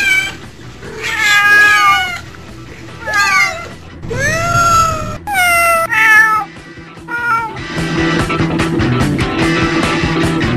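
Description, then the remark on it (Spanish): Twelve cats on a rooftop meow in a rapid, overlapping series of loud, high-pitched wails that rise and fall, over a steady low rumbling backdrop that thickens into a dense, busy texture toward the end. “¿Qué hacen 12 gatos en un tejado?”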